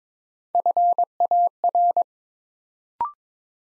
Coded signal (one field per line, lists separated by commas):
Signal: Morse code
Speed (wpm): 22 wpm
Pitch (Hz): 700 Hz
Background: none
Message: FAR